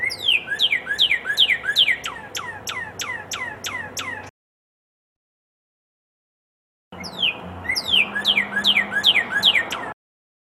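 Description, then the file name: Red-crested cardinal song of fast, sharply descending whistled sweeps repeated several times a second, in two bursts with a pause between. Song variation 3. "suara kicauan burung red crested cardinal. omkicau"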